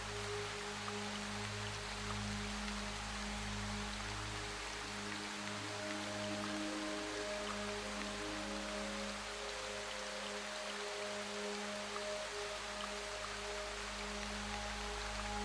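Steady, dense rain patters while soft sustained low tones drift underneath, shifting slowly and evenly throughout.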